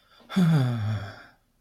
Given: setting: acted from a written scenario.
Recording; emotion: vocal sound without words; fear